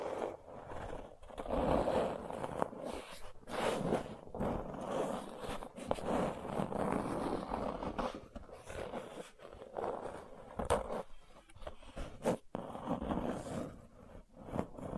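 Gentle scratching runs almost without pause, a dense, rough rasp in the low and middle range with soft grainy detail above. The strokes come in irregular bursts, some longer and some brief, with short quiet breaks near 3, 10 and 12 seconds.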